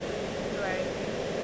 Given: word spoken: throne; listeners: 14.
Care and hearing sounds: one English word in noise, from a listening test; speech-shaped noise; -5.3 dB; 1 of 14; 7 of 14; 1.04 s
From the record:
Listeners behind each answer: 7, 3, 2, 1, 1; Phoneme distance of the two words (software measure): 17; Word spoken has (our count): 1 syllable, 4 phonemes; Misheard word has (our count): 1 syllable, 3 phonemes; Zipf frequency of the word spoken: 4.00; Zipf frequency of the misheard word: 4.93

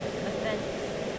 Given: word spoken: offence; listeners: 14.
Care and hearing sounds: one English word in noise, from a listening test; speech-shaped noise; -5.6 dB; 2 of 14; 6 of 14; 0.79 s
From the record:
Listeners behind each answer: 6, 4, 2, 1, 1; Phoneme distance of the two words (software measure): 30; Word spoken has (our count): 2 syllables, 5 phonemes, stress on syllable 2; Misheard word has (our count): 2 syllables, 5 phonemes, stress on syllable 2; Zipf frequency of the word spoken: 4.25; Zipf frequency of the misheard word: 4.86

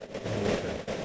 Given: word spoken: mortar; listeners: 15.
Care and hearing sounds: one English word in noise, from a listening test; noise modulated by three-talker babble; -4.5 dB; 0 of 15; 6 of 15; 0.65 s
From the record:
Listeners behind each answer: 6, 2, 2, 1, 1, 1, 1, 1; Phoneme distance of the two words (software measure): 10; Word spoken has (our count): 2 syllables, 4 phonemes, stress on syllable 1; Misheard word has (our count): 2 syllables, 4 phonemes, stress on syllable 1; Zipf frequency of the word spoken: 3.65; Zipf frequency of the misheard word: 5.53

